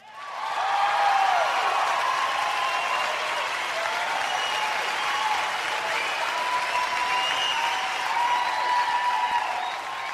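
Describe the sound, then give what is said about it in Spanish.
A crowd applauds steadily for about ten seconds, a dense, even wash of clapping that holds at a constant loud level, with a few faint cheers rising through it. “Y aquí es donde tienes que aplaudir.”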